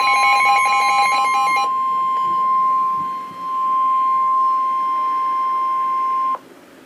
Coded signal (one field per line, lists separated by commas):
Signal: Emergency Alert System (SAME) tones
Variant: 1050 Hz attention tone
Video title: EAS #10: Severe Thunderstorm Warning - June 25, 2013 6